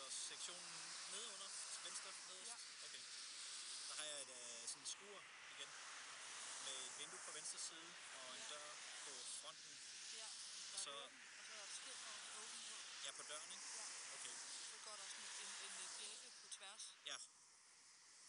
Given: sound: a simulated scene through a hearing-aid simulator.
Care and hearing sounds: conversation; traffic; 0 dB SNR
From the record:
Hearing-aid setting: III (slow-acting compression, loudness normalization, advanced features for about 2.5 dB of SNR improvement); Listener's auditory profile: B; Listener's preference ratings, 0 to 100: 45, 51, 17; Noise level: 75 dB SPL

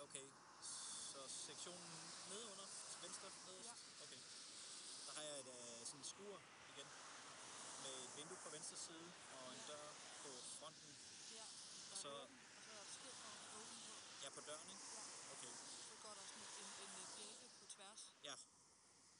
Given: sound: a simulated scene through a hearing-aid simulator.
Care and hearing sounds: conversation; traffic; 0 dB SNR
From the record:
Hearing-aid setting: III (slow-acting compression, loudness normalization, advanced features for about 2.5 dB of SNR improvement); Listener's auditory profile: D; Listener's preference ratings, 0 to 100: 67, 64, 87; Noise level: 75 dB SPL

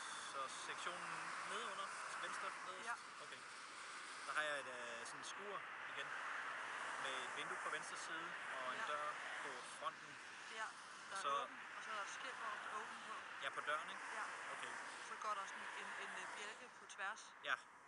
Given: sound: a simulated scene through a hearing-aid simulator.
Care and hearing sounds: conversation; traffic; 0 dB SNR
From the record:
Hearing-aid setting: IV (slow-acting compression, loudness normalization); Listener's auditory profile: D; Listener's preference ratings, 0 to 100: 51, 42, 40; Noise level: 75 dB SPL

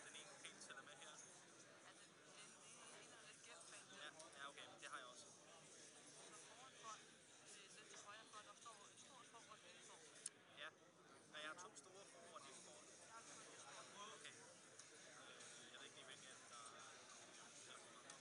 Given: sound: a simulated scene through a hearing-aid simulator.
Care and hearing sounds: conversation; cafeteria; -4 dB SNR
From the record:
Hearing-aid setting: IV (slow-acting compression, loudness normalization); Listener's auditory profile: A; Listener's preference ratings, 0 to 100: 29, 16, 19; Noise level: 65 dB SPL

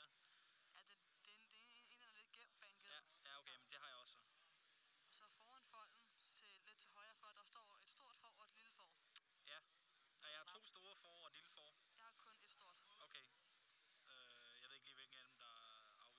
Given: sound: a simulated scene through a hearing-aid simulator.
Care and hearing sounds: conversation; quiet; 55 dB SPL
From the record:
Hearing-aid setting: I (fast-acting compression, audibility-based gain); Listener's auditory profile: C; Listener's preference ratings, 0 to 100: 42, 29, 27

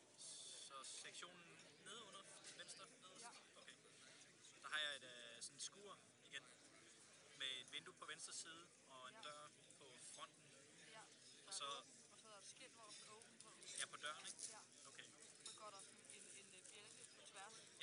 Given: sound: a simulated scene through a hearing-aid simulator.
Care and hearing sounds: conversation; cafeteria; 0 dB SNR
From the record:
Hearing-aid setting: standard clinical setting (NAL); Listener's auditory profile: A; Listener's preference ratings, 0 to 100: 81, 70, 66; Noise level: 65 dB SPL

